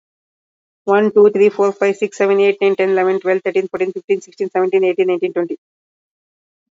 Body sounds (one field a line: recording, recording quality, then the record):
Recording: counting at a fast pace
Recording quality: excellent, no background noise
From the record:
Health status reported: recovered from COVID-19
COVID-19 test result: positive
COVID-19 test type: RT-PCR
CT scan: not taken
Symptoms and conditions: cough, cold, sore throat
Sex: female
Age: 41 years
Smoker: no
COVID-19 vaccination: both doses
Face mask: worn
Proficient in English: yes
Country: India